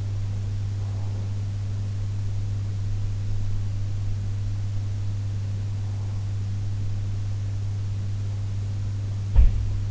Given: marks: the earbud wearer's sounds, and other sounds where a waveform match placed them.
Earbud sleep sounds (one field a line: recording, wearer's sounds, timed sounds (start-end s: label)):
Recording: sounds in sleep by an in-ear microphone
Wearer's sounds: breath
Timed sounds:
0.00-1.48 s: breath
9.05-9.82 s: sound from someone else or the room